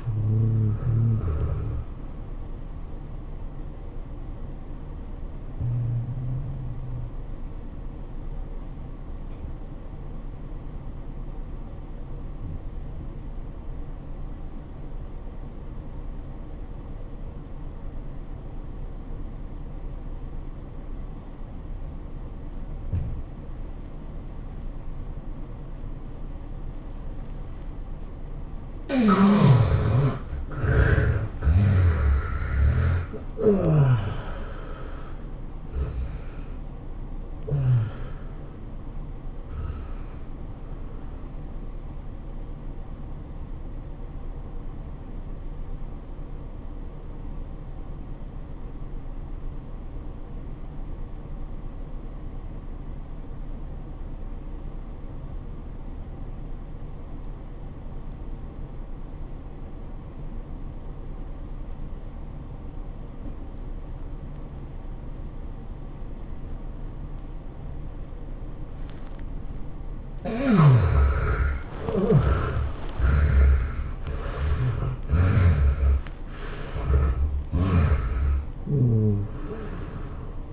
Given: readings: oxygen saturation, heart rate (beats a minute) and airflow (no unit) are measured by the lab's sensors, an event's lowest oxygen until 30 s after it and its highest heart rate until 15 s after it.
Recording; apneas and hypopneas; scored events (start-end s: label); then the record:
breathing in sleep by a smartphone at the bedside; 2
3.00-29.50 s: obstructive apnea (N2, oxygen 96% highest, then 72% lowest, heart rate 101 at the start, 106 highest)
27.00-57.00 s: new sleep stage, N1 (lightest sleep)
45.00-69.60 s: obstructive apnea (N1, oxygen 94% highest, then 71% lowest, heart rate 86 at the start, 109 highest)
57.00-80.53 s: new sleep stage, N2 (light sleep)
From the record:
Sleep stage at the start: N2 (light sleep); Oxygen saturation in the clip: 72 to 96%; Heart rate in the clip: 79 to 109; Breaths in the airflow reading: 8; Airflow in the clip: -22.5 to 18.5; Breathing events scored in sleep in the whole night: 403 in 5.5 hours asleep